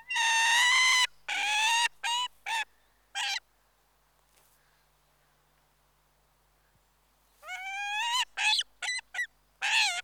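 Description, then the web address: Peregrine falcon calling in loud, grating wails and short clipped notes, then a silent gap of several seconds before another burst of rasping calls. "The BBC Sound Effects Library. Peregrine Falcon"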